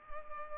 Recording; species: mosquito wingbeat signal from an infrared sensor; Culex pipiens